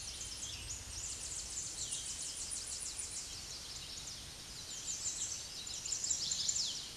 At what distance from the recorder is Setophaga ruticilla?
about 45 m